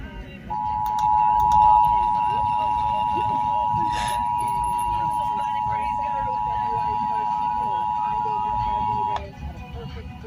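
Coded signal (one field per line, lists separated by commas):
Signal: Emergency Alert System (SAME) tones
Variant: 853 and 960 Hz attention tone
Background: speech, music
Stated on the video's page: Weekly test plus Nevada Required Monthly Test, received on three stations.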